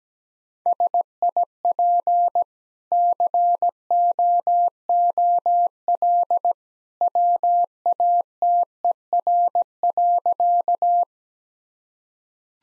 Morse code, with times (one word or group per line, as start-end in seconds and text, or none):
0.7-2.4 SIP
2.9-6.5 COOL
7.0-11.0 WATER.